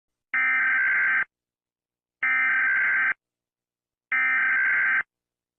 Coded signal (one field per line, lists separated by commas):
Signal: Emergency Alert System (SAME) tones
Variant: header bursts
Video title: My first EAS Scenario: The Purge (Dedicated to @LTB1360 )